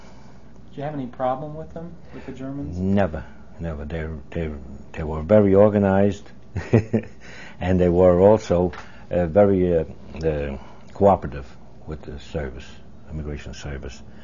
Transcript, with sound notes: Did you have any problem with them, with the Germans?
Never, never. They, they were very organized. ( he laughs ) And they were also very, uh, cooperative with the service, Immigration Service.